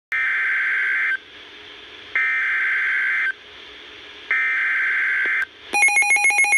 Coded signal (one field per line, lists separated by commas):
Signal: Emergency Alert System (SAME) tones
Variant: header bursts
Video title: Severe Thunderstorm Warning #2 - 07/19/17 (EAS #1,464)